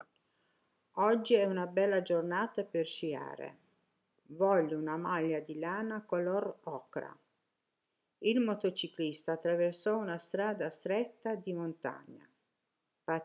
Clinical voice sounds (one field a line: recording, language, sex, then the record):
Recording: read phrases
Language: Italian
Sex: female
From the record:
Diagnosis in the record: healthy control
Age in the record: 63 years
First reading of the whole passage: 70 s, 6.7 characters per second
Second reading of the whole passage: 71 s, 6.6 characters per second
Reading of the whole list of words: 45 s, 6.3 characters per second